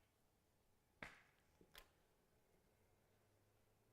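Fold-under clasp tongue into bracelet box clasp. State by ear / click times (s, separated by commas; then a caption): seated / 1.0 s. The fold-under tongue of a box clasp on a diamond tennis bracelet is tucked under into the clasp until the locking mechanism snaps shut. A sharp, short click sounds at 1.0 s, followed by a fainter tick at 1.8 s over quiet background. The clasp is closed and locked.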